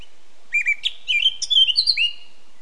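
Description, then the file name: Eurasian blackcap song, a rapid twittering phrase of scratchy and clearer high notes. "Sylvia atricapilla"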